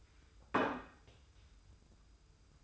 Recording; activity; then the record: daily activity, microphone in the room; place plate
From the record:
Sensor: 2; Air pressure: 990.7 hPa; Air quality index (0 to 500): 155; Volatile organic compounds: 515 ppm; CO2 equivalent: 4839 ppm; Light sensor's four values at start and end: 27/64/26/25 and 27/64/26/26